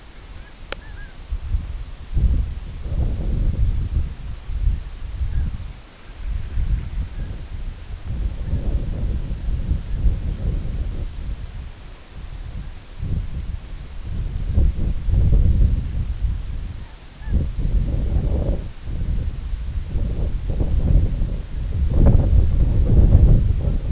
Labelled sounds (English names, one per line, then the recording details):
White-rumped Sandpiper
unidentified sound
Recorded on Arctic tundra, site IGLO-D, on 19 June 2018
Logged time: 18:00